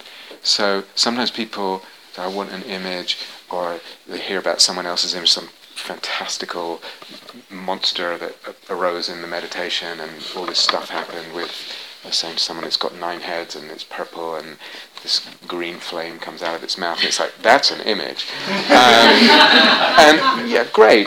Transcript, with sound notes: Sometimes people say, "I want an image," or they hear about someone else's image, some fantastical monster that arose in the meditation, and all this stuff happened with a sense somebody's got nine heads and it's purple and this green flame comes out of its mouth, and it's like, "That's an image!" [laughter] And yeah, great.